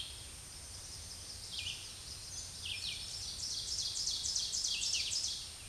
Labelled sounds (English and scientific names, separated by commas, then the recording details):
Ovenbird (Seiurus aurocapilla) song
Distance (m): 35 m
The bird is about 10 m above the microphone
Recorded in a Pennsylvania forest on 16 May 2024 at 07:52
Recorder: AudioMoth, point MSD-2083
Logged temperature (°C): 16.7 °C
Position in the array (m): 147 m, -11 m